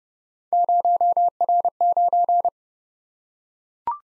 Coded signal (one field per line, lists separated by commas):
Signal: Morse code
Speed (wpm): 30 wpm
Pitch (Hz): 700 Hz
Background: none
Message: 0R9